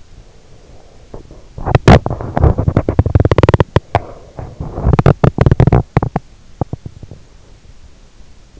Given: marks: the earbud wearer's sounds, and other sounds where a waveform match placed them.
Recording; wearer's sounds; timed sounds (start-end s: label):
sounds in sleep by an in-ear microphone; breath, teeth grinding
0.00-1.58 s: breath
1.13-7.24 s: teeth grinding